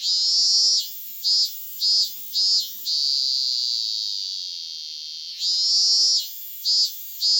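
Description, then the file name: Robust cicada song, loud pulsed bursts repeating about every half second, a lull of smoother droning, then another series of rhythmic pulses. "cicada minmin"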